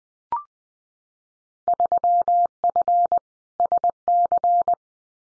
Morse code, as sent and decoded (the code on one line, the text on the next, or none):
...-- ..-. / ... -.-.
3F SC